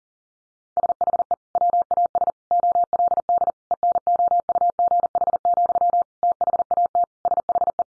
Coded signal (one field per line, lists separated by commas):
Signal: Morse code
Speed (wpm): 40 wpm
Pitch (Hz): 700 Hz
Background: none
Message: SHE WAS OLD ENOUGH, THAT SHE